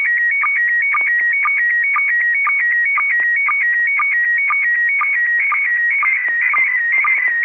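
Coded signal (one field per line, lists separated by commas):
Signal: SSTV (slow-scan television)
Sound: warbling tone alternating between two high pitches, with short low sync chirps twice a second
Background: radio static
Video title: ISS SSTV decode Part1! 30° elev.! 1/12/2021! 18:44MEZ (17:44UTC)!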